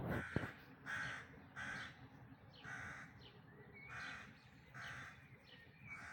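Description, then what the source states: Bird calling with several gravelly caws, after a brief sharp thud at the start. Dawn chorus recorded in May 2026.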